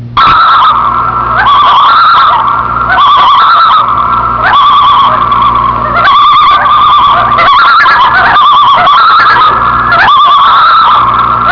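Loon tremolo calls, rapid quavering phrases repeated roughly every one to two seconds, each with a bright wobbling overtone, over a steady low hum.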